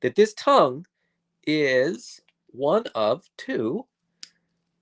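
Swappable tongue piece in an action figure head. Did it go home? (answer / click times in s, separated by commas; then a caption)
released / 4.2 s. Someone talks while handling a Mythic Legions All Stars 5+ action figure, then the swappable standard plastic tongue piece is pulled out of the figure's mouth in its head. A single sharp pop sounds at 4.2 s as the tongue piece releases and comes free.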